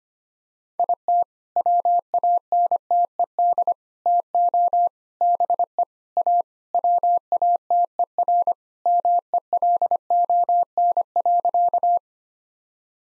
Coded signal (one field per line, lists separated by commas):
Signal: Morse code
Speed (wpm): 25 wpm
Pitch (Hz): 700 Hz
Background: none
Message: IT WANTED TO BE A WATERMELON.